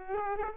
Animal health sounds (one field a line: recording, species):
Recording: mosquito wingbeat signal from an infrared sensor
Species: Aedes aegypti